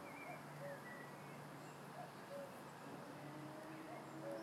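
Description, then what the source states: Cuckoo giving its falling two-note cu-ckoo again and again, with other birds whistling higher and a low rumble underneath. Cuckoo calling in an orchard.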